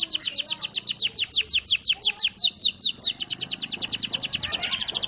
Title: Master Burung Jos. Kenari ngerol panjang 1